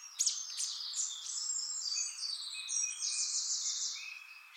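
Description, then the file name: European robin singing a high, rapid, varied warble of thin trills and sliding notes, flowing without pause throughout. "Erithacus rubecula"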